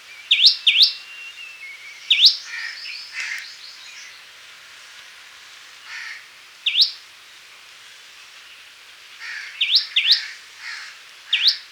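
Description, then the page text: Common tailorbird song: scattered sharp upswept notes, singly or in pairs with long gaps, softer twittering and chirps from other birds in the background. "Common Tailorbird Song. Quick Sounds"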